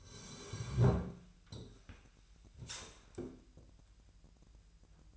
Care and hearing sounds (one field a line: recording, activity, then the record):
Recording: daily activity, microphone in the room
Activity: sit down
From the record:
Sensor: 2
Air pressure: 1001.8 hPa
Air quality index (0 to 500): 240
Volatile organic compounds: 74 ppm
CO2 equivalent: 3552 ppm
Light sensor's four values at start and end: 8/18/8/8 and 9/21/9/9